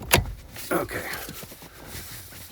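A new transmission shift cable on a Ford Escape is pushed through its routing point at the steering column, and its end clips into its column bracket or clip with a sharp, short hit at 0.1 s. A brief rustle follows as someone talks, and the cable end is seated.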